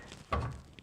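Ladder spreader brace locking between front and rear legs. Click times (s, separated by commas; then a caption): 0.3 s. A step ladder's legs are spread apart and the metal spreader braces between the front and rear legs lock straight into place. A loud, sharp snap sounds at 0.3 s, with fainter ticks just before and after. The spreaders are locked.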